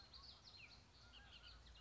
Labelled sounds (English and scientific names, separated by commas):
Bullock's Oriole (Icterus bullockii)